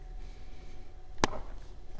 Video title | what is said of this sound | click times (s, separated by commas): Replacing spark plugs and coil packs on a mk6 Vw jetta 2.5L (DIY) | You hear the click. | 1.2 s